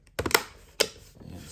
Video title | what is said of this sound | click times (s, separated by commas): LED Turn Signal Light Side Mirror Marker for Ford 2012-2018 | snap in place | 0.3 s, 0.8 s